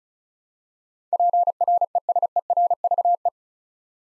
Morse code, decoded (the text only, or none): PRESERVE